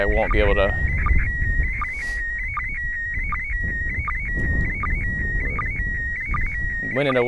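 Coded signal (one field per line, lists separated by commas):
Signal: SSTV (slow-scan television)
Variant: PD 180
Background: speech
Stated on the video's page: MAI-75 SSTV transmitted from the ISS, received during a pass over North America.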